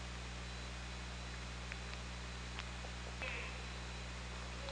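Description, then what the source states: Killer whale pulsed call, one short banded burst in the second half over steady low hydrophone hum and scattered faint clicks. Hydrophone recording from OrcaLab, 24 August 2017, 23:55.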